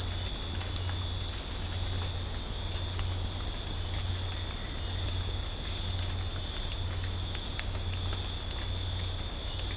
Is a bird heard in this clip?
no